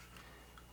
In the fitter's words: Uh and then there's here's just a cheap kidex holster. Clicks into place.